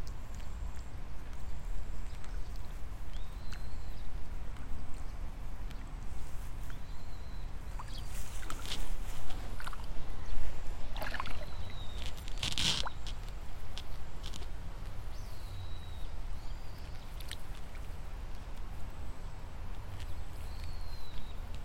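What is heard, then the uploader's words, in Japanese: Rice seedlings are pulled in the evening: scattered rustling, splashy bursts, busiest midway, over a steady low rumble with occasional bird chirps. イネ苗取り ブユのいない気持ち良い夕方。いよいよ今年の手植え田んぼも大詰め。夕方、イネの苗取り。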